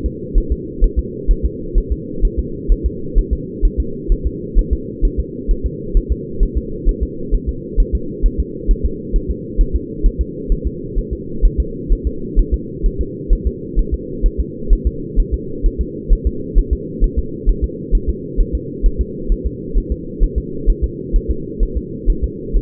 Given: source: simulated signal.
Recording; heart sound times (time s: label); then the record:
fetal heart sounds
0.06 s: S2
0.38 s: S1
0.52 s: S2
0.84 s: S1
0.99 s: S2
1.31 s: S1
1.45 s: S2
1.78 s: S1
1.92 s: S2
2.25 s: S1
2.39 s: S2
2.72 s: S1
2.86 s: S2
3.19 s: S1
3.33 s: S2
3.65 s: S1
3.80 s: S2
4.12 s: S1
4.27 s: S2
4.59 s: S1
4.73 s: S2
5.05 s: S1
5.20 s: S2
5.51 s: S1
5.66 s: S2
5.97 s: S1
6.12 s: S2
6.43 s: S1
6.57 s: S2
6.89 s: S1
7.03 s: S2
7.34 s: S1
7.49 s: S2
7.80 s: S1
7.95 s: S2
8.26 s: S1
8.40 s: S2
8.71 s: S1
8.85 s: S2
9.16 s: S1
9.31 s: S2
9.61 s: S1
9.75 s: S2
10.06 s: S1
10.21 s: S2
10.52 s: S1
10.67 s: S2
10.99 s: S1
11.13 s: S2
11.45 s: S1
11.60 s: S2
11.92 s: S1
12.07 s: S2
12.39 s: S1
12.54 s: S2
12.86 s: S1
13.01 s: S2
13.33 s: S1
13.47 s: S2
13.79 s: S1
13.94 s: S2
14.26 s: S1
14.40 s: S2
14.73 s: S1
14.87 s: S2
15.19 s: S1
15.34 s: S2
15.66 s: S1
15.81 s: S2
16.12 s: S1
16.27 s: S2
16.58 s: S1
16.73 s: S2
17.04 s: S1
17.19 s: S2
17.49 s: S1
17.64 s: S2
17.95 s: S1
18.09 s: S2
18.41 s: S1
18.55 s: S2
18.86 s: S1
19.01 s: S2
19.32 s: S1
19.46 s: S2
19.78 s: S1
19.92 s: S2
20.23 s: S1
20.38 s: S2
20.69 s: S1
20.84 s: S2
21.16 s: S1
21.31 s: S2
21.63 s: S1
21.77 s: S2
22.10 s: S1
22.24 s: S2
22.56 s: S1
From the record:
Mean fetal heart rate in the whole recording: 130 bpm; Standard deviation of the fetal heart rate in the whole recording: 2 bpm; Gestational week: 38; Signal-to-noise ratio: -4.3 dB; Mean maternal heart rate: 72 bpm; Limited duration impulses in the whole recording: absent